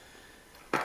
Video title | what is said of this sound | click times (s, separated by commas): How to replace a VW Golf mark 7 key fob battery | It just clicks on an angle and then clicks into place, | 0.7 s